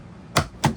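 A small plastic trim plate with three guides is pushed into the door panel of a 2005 to 2015 Nissan Xterra. Two sharp snaps ring out at 0.4 s and 0.7 s as its clips seat, and the plate is in place.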